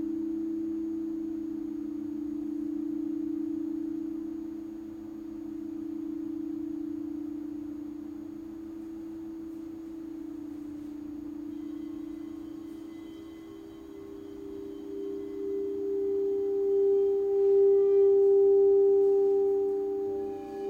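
A sound bath of sustained, humming tones like singing bowls, with a low drone holding steady throughout. After about twelve seconds higher ringing overtones join in, and a bright tone swells to its loudest near seventeen to nineteen seconds before easing slightly.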